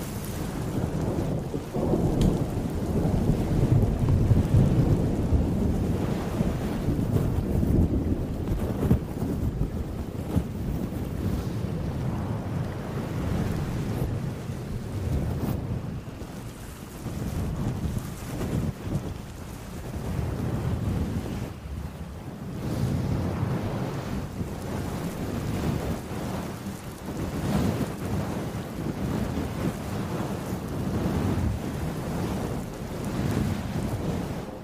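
Rain on a cold night comes through as a dense, low rumble that rolls on without pause. It swells and eases in slow waves every few seconds, dipping briefly around 16 and 20 seconds, with only a faint hiss above the deep rumbling.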